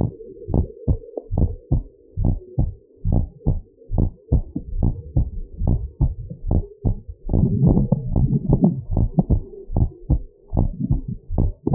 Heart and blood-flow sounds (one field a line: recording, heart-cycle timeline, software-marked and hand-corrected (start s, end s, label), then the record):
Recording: heart sounds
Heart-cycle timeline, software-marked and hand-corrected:
0.00	0.09	systole
0.09	0.17	S2
0.17	0.53	diastole
0.53	0.65	S1
0.65	0.89	systole
0.89	0.99	S2
0.99	1.37	diastole
1.37	1.49	S1
1.49	1.73	systole
1.73	1.83	S2
1.83	2.19	diastole
2.19	2.33	S1
2.33	2.59	systole
2.59	2.71	S2
2.71	3.09	diastole
3.09	3.23	S1
3.23	3.47	systole
3.47	3.59	S2
3.59	3.95	diastole
3.95	4.07	S1
4.07	4.33	systole
4.33	4.43	S2
4.43	4.79	diastole
4.79	4.93	S1
4.93	5.17	systole
5.17	5.29	S2
5.29	5.63	diastole
5.63	5.77	S1
5.77	6.01	systole
6.01	6.15	S2
6.15	6.49	diastole
6.49	6.63	S1
6.63	6.91	systole
6.91	6.99	S2
6.99	7.33	diastole
7.33	7.51	S1
7.51	7.73	systole
7.73	7.87	S2
7.87	8.17	diastole
8.17	8.31	S1
8.31	8.61	systole
8.61	8.73	S2
8.73	8.99	diastole
8.99	9.09	S1
9.09	9.31	systole
9.31	9.43	S2
9.43	9.75	diastole
9.75	9.89	S1
9.89	10.11	systole
10.11	10.21	S2
10.21	10.55	diastole
10.55	10.67	S1
10.67	10.91	systole
10.91	11.01	S2
11.01	11.37	diastole
11.37	11.51	S1
11.51	11.73	systole
11.73	11.75	S2
From the record:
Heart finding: normal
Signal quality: good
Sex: male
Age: 40 years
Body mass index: 26.2